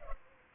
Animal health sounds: mosquito wingbeat signal from an infrared sensor; Culex pipiens

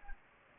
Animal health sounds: mosquito wingbeat signal from an infrared sensor; Anopheles gambiae

